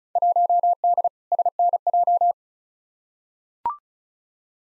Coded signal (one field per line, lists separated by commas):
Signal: Morse code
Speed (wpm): 36 wpm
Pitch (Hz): 700 Hz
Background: none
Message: 1D SNJ